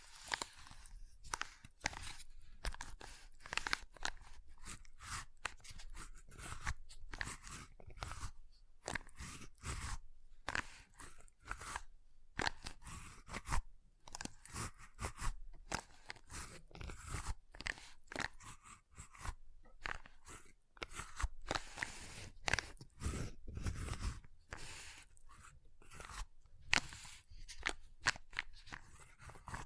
Ice Tapping, Scratching, Carving Sounds